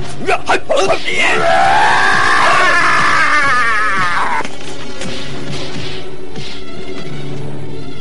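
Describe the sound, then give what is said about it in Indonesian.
A quick burst of sharp punching and kicking impacts from the five forms of Resi Amista attacking Ki Suro, then a long, strained bellowing yell over the scuffle that cuts off and leaves a quieter, rumbling stretch. “Pukulan-pukulan serta serangan-serangan kaki dari bentuk-bentuk Resi Amista terus mengejarnya sampai akhirnya.”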